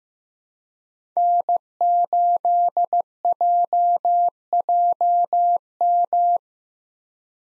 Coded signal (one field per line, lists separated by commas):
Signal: Morse code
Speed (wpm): 15 wpm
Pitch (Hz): 700 Hz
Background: none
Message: N8JJM